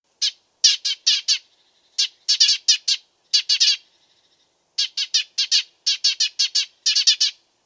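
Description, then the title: Dead Sea Sparrow delivering busy runs of harsh chirps, with faint thin whistles trailing after some bursts and a brief pause midway. Master song for training songbirds (masteran). "burung gereja dead sea masteran"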